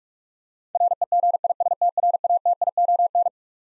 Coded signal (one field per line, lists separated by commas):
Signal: Morse code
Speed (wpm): 46 wpm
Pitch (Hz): 700 Hz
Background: none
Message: REGISTRATION